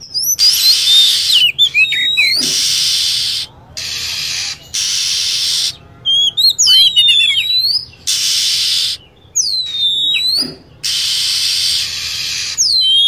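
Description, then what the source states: Lovebird calls, piercing chirps in quick clusters and bent whistled notes, separated by repeated stretches of harsh, even hiss. Lure sound used to attract birds.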